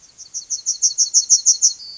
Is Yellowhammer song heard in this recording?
yes